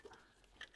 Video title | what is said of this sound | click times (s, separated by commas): Hur du monterar lysande emblemdiagonal till Volvo S60, V60 14-18. | Och var säker på att det här klickar i. För det är väldigt trögt. | 0.6 s